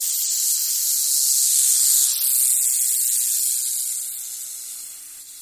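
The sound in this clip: Rattlesnake rattle: a steady, dry, high buzzing hiss that holds for about three seconds, then gradually fades.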